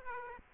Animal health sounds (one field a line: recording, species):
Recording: mosquito wingbeat signal from an infrared sensor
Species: Aedes aegypti